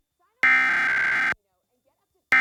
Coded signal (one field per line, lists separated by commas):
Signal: Emergency Alert System (SAME) tones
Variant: header bursts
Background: speech